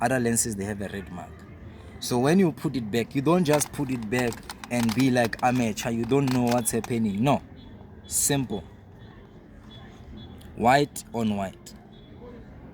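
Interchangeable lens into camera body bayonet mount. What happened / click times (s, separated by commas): Lens held against the mount and lined up, not yet locked / none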